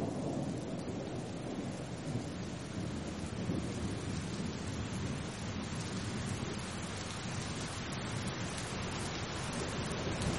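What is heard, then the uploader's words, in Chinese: A steady thunderstorm rain falls, a dense, even wash of drops with a deep low rumble running underneath throughout. The level barely changes across the ten seconds, with no distinct thunderclaps standing out, just a continuous, full-bodied downpour close by. 助眠雷雨声：平静的雨。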